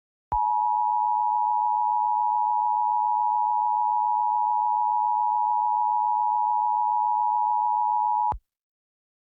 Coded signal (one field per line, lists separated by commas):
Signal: Emergency Alert System (SAME) tones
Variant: 853 and 960 Hz attention tone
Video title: EAS - Law Enforcement Warning (Real Threat) (2/2) #ponytown #predator